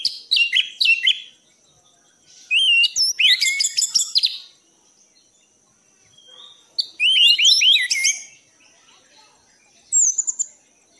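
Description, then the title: Thrush delivering rapid bursts of bright whistles, zigzag trills and chatter, with quiet gaps of one to two seconds between phrases. Bird-keeping masteran recording for training pet songbirds; song style described as 'gacor teler'. "anis gacor teler"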